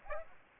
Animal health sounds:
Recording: mosquito wingbeat signal from an infrared sensor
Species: Aedes aegypti

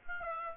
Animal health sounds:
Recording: mosquito wingbeat signal from an infrared sensor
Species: Aedes aegypti

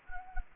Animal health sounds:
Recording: mosquito wingbeat signal from an infrared sensor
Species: Anopheles gambiae

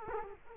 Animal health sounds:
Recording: mosquito wingbeat signal from an infrared sensor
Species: Culex quinquefasciatus

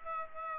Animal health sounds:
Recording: mosquito wingbeat signal from an infrared sensor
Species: Aedes aegypti

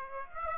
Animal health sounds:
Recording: mosquito wingbeat signal from an infrared sensor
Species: Aedes aegypti

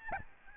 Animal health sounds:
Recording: mosquito wingbeat signal from an infrared sensor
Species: Aedes albopictus

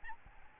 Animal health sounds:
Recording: mosquito wingbeat signal from an infrared sensor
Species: Aedes albopictus

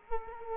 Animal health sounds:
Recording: mosquito wingbeat signal from an infrared sensor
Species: Culex quinquefasciatus

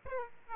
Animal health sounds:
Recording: mosquito wingbeat signal from an infrared sensor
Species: Aedes aegypti

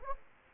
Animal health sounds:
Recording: mosquito wingbeat signal from an infrared sensor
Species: Anopheles gambiae

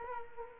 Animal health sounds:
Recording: mosquito wingbeat signal from an infrared sensor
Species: Culex quinquefasciatus

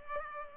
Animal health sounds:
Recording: mosquito wingbeat signal from an infrared sensor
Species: Culex pipiens

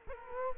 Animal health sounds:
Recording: mosquito wingbeat signal from an infrared sensor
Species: Culex quinquefasciatus

